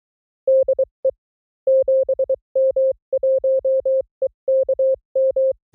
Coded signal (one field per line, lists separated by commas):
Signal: Morse code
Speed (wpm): 23 wpm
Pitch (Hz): 530 Hz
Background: none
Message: DE 7M1EKM